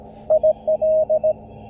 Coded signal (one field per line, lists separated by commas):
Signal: Morse code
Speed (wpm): 20 wpm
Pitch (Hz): 590 Hz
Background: none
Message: IL